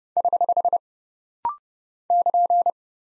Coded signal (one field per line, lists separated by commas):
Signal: Morse code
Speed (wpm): 30 wpm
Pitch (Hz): 700 Hz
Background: none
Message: <HH> <KN>